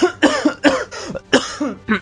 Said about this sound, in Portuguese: Deixa eu tossir, peraí.